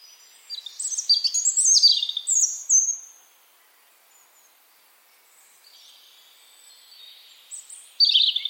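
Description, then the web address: European robin song: a cascade of high, rapid twittering notes, a pause of several seconds, then another phrase starting with thin whistles. "Deverinetal 2025 File origin Bird Only Er Ru"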